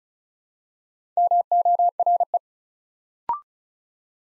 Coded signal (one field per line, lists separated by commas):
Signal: Morse code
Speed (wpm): 36 wpm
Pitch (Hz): 700 Hz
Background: none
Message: MORE